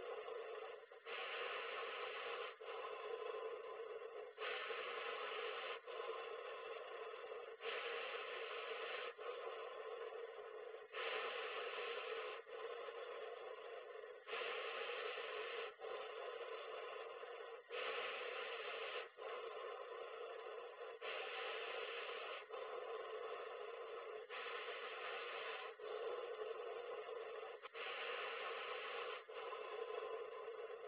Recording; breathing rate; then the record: paced breathing near a phone; 18 breaths a minute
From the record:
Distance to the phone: 20 cm